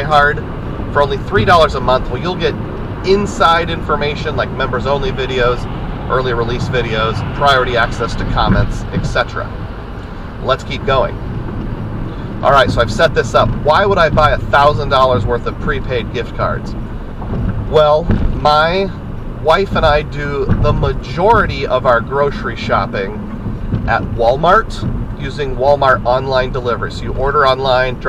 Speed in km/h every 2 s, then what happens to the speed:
106, 103, 100, 98, 95, 93, 89, 85, 84, 82, 82, 79, 77, 76.
0-28 slows to 76.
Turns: none.